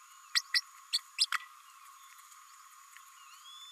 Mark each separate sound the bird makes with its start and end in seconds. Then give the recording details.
0.35-0.41, 0.54-0.61, 0.93-0.98, 1.18-1.26. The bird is a female. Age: 29 days. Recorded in a nest box in Venezuela. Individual 17B32A5